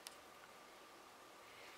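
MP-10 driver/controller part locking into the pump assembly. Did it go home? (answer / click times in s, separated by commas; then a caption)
yes / 0.1 s. During an upgrade to the MP-10 Quiet One driver/controller, a part is pushed into the pump assembly until it locks. A faint, short click comes at 0.1 s over a steady low hiss, and a second small tick follows at 1.8 s. The part seats and locks in place.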